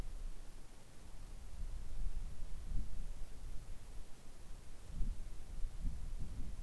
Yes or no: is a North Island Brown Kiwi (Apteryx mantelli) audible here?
no